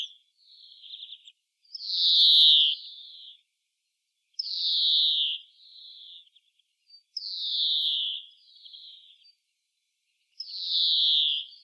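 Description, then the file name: European greenfinch wheeze: four drawn-out, nasal, buzzy notes about three seconds apart, most followed by a softer, shorter buzzy note. "Chloris chloris"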